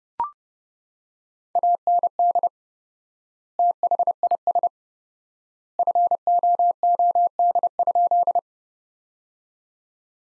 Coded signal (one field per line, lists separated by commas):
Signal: Morse code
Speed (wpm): 30 wpm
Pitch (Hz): 700 Hz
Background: none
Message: AND THIS FOOD?